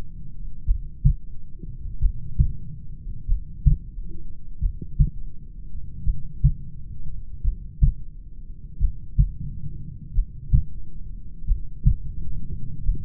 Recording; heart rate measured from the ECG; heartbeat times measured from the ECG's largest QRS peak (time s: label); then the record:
heart sounds by stethoscope; 44 bpm
0.69 s: heartbeat
2.04 s: heartbeat
3.31 s: heartbeat
4.64 s: heartbeat
6.08 s: heartbeat
7.47 s: heartbeat
8.83 s: heartbeat
10.18 s: heartbeat
11.50 s: heartbeat
12.88 s: heartbeat
From the record:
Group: heart failure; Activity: rest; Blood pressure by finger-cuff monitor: 125/60 mmHg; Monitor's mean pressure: 81 mmHg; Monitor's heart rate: 45 bpm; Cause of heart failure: familial cardiomyopathy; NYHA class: 1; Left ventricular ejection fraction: 49%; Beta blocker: bisoprolol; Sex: male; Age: 31 years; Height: 194 cm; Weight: 96 kg